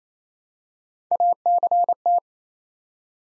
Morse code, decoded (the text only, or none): ACT